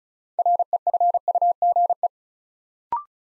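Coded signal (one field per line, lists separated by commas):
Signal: Morse code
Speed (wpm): 36 wpm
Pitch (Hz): 700 Hz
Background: none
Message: REFUGE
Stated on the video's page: Morse practice drill building 6-letter words two letters at a time at 35 wpm, for instant character recognition.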